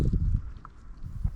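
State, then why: Seated. A front replacement wiper blade with a plastic clip is slid onto the metal wiper arm of a BMW G01 X3 over low handling thumps and rustle. A short, sharp click sounds at 0.6 s as the clip snaps into place. The blade is seated on the arm, going in easily without extra fuss.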